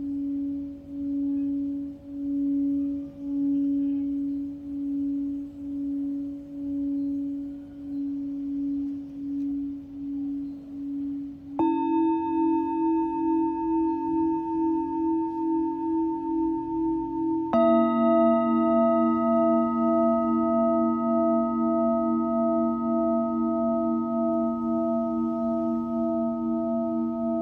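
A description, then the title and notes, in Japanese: Singing bowls ring in sustained, pulsing tones for sound healing. A single low bowl hums with a slow wavering beat, then a brighter bowl is struck at about 12 seconds and another at about 18, stacking into a fuller, shimmering chord that keeps ringing to the end. シンギングボウルのサウンドヒーリング。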